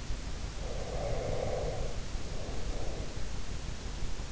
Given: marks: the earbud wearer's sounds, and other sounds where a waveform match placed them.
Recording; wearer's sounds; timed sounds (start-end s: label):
sounds in sleep by an in-ear microphone; breath
0.34-3.20 s: breath